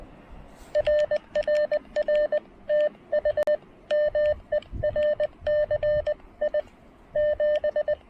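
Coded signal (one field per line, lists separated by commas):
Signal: Morse code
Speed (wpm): 20 wpm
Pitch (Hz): 590 Hz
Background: none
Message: RRR TH MERCI 7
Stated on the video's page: QRP Parks on the Air activation working DX with a Chelegance MC-750 and Xiegu G106, including 17 meters.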